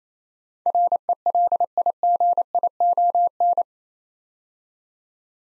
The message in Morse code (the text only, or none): RELIGION